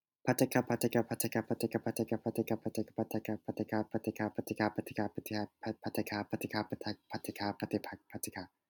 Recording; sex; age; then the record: repeated syllables /pa ta ka/; male; 20 to 29 years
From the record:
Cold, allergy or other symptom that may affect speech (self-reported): no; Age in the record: 21 years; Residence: California, United States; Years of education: 16